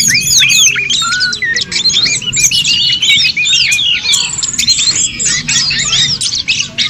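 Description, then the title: Bird song: a loud, continuous stream of varied whistled and chirping notes, rapid sweeps up and down with no pauses. "SuaraBurung Kicau3"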